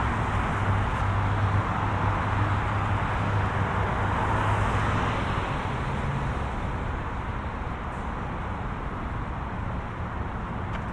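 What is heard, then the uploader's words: A walk through a suburban area with a constant wash of traffic noise filling the scene at a steady, dense level. A low engine hum sits underneath for the first half, fading slightly after six seconds, with faint passing hiss higher up. Walking home from the mall. A binaural recording of a walk from Cross County Mall to our house in Mount Vernon. An hour long walk through lower Westchester County, in the suburbs of New York City.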